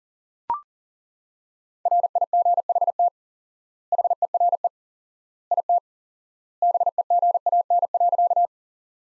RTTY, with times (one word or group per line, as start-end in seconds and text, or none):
none